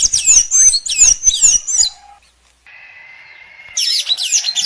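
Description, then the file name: Blue dacnis twittering song in fast high chips, broken by a pause and a long, steady, lower whistled tone before the twitter resumes. "canto da pipira azul"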